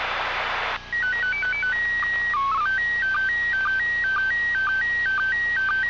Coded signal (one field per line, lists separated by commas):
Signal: SSTV (slow-scan television)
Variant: PD 120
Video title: Astronaut Jasmin Moghbeli (KI5WSL) QSO ISS-B.RUSSEL Roma (OR4ISS-IK0USO) RX by IK0VWH Rome 15/2/2024